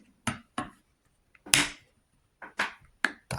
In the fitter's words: Tak zacvakol.